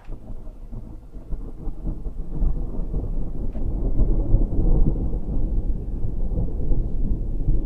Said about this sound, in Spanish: Vamos a intentar buscar diferentes truenos, claro. Sí. Este ya es otro, porque si no siempre el mismo.